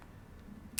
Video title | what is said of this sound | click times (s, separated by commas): How to solve Wil Strijbos First Cross - Spoiler Alert | and you will again hear the click | 0.8 s